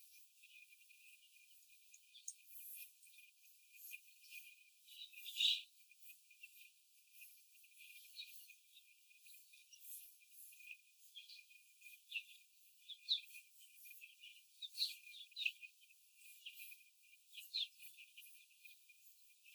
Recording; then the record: young laying hens in a cage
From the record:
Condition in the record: after the stressor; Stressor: simulated dog barking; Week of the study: 4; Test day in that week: 1